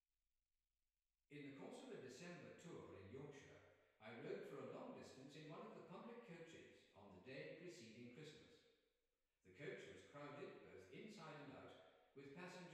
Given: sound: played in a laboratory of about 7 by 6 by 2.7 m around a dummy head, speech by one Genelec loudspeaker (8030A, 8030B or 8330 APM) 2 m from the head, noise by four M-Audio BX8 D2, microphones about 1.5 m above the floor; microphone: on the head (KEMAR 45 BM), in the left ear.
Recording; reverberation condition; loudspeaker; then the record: male speech in English; high; 120 degrees to the right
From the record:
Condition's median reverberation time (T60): about 1300 ms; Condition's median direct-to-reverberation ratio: about -4.0 dB